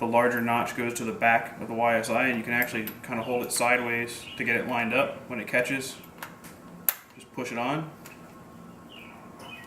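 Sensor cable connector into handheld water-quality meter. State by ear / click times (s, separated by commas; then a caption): not seated / none. A probe cable's notched connector is held sideways and lined up with the notches on the bottom of a handheld YSI water-quality meter, larger notch to the back, then pushed on while someone talks. A faint tap at 6.2 s and a sharp tick at 6.9 s are heard during the handling, but nothing has seated or locked yet.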